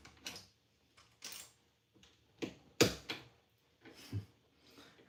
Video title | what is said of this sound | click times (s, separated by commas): Building LEGO Hocus Pocus 21341 | There's a nice click for you, | 2.8 s